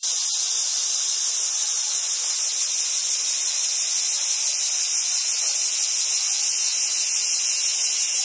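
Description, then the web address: Cicadas giving a constant loud, high buzzing drone, starting suddenly and holding steady without pause. "SFXSource AOS Cicadas"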